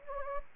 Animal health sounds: mosquito wingbeat signal from an infrared sensor; Anopheles gambiae

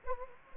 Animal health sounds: mosquito wingbeat signal from an infrared sensor; Anopheles gambiae

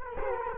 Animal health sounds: mosquito wingbeat signal from an infrared sensor; Culex quinquefasciatus

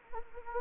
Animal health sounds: mosquito wingbeat signal from an infrared sensor; Anopheles gambiae

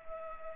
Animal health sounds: mosquito wingbeat signal from an infrared sensor; Culex pipiens

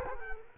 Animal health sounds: mosquito wingbeat signal from an infrared sensor; Culex quinquefasciatus

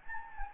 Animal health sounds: mosquito wingbeat signal from an infrared sensor; Anopheles gambiae

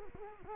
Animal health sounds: mosquito wingbeat signal from an infrared sensor; Culex quinquefasciatus

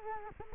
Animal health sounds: mosquito wingbeat signal from an infrared sensor; Culex quinquefasciatus

